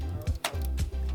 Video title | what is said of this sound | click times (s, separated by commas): How to Build a Gaming PC in 2021 | so we'll line it up there and then just press it until it clicks | 0.4 s